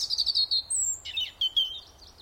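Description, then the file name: European robin song: quick warbled notes near one pitch, then a thin high whistle and a rapid twittering run of lower, liquid notes. "Erithacus rubecula"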